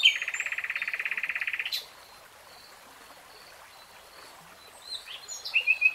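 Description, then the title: Nightingale song: a fast, even rattle of repeated notes lasting under two seconds, a pause, then a few high notes. Three-hour real-time recording of a nightingale singing. "[Tiếng chim hót] 3 Hours REALTIME Nightingale Singing"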